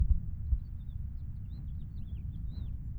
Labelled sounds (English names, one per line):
House Finch song